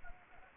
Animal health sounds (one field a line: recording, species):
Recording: mosquito wingbeat signal from an infrared sensor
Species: Anopheles gambiae